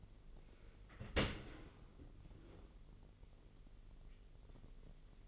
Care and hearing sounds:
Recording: daily activity, microphone in the room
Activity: open dishwasher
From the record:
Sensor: 4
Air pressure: 999.0 hPa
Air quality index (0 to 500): 125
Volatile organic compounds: 2 ppm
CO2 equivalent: 1228 ppm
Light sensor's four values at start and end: 7/17/7/7 and 7/17/6/7

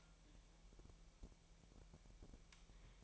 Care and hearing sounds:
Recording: daily activity, microphone in the room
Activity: take from stove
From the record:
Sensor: 1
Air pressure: 1002.0 hPa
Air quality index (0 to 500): 247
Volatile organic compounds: 51 ppm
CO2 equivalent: 3314 ppm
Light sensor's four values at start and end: 6/13/5/6 and 6/13/5/6

